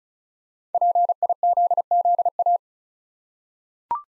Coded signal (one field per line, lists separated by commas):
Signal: Morse code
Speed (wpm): 36 wpm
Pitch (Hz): 700 Hz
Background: none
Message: PIZZA